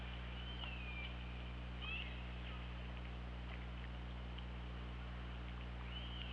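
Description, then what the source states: Killer whale calls: a few faint, short, arching tones spread throughout, with constant low rumbling underwater noise. OrcaLab hydrophone, 24 August 2017, about 21:10.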